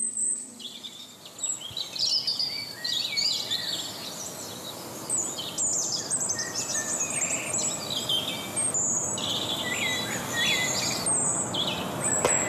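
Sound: birds singing at dawn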